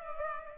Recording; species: mosquito wingbeat signal from an infrared sensor; Culex pipiens